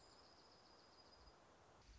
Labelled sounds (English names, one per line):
Dark-eyed Junco